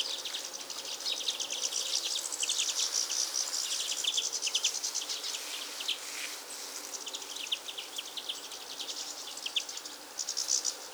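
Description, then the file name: European goldfinch calls: dense, rapid tinkling and twittering notes in quick bursts, high-pitched and jumbled, continuing throughout with a steady background hiss. "Carduelis carduelis"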